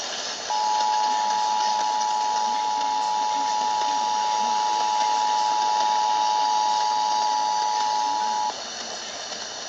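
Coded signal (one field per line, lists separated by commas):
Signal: Emergency Alert System (SAME) tones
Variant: 853 and 960 Hz attention tone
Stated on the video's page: Pennsylvania Required Monthly Tests received from several FM, TV and AM broadcast stations.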